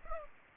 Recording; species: mosquito wingbeat signal from an infrared sensor; Culex pipiens